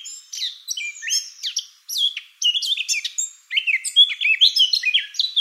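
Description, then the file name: Eurasian blackcap song, rich fluty warbling phrases with quick varied notes, broken by short pauses at around two and three and a half seconds. "Sylvia atricapilla"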